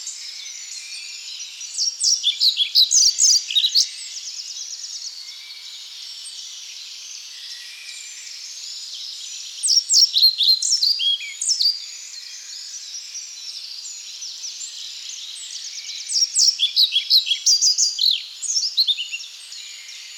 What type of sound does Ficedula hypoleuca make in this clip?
song